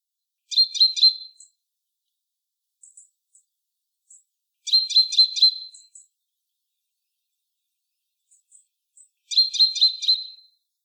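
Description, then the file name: Great tit calls: three bursts of rapid, chattering high notes, each lasting about a second and repeating roughly every four and a half seconds, with faint ticking notes between bursts. "Parus major"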